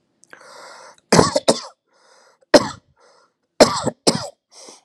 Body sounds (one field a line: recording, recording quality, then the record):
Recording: heavy voluntary cough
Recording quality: excellent, no background noise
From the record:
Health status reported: healthy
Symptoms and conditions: breathing difficulty, diabetes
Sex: male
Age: 52 years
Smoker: not ticked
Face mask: not worn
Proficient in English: yes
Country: India